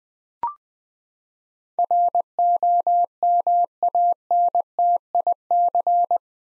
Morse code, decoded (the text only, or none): ROMANTIC